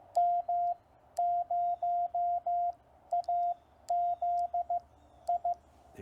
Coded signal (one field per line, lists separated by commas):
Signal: Morse code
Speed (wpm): 15 wpm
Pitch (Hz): 700 Hz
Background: radio noise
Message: M0AZI